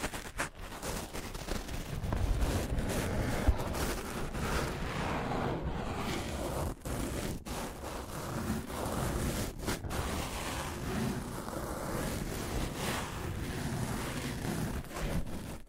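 Scratching and tracing goes on continuously as a dense, rough rasp with a heavy low rumble beneath, rushing much like wind or surf. The level stays fairly steady, broken by brief pauses near 0.5, 7 and 10 seconds, and again just before the end.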